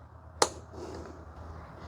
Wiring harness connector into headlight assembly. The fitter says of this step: install the headlight assembly, grab your electrical connector, push it till it clicks.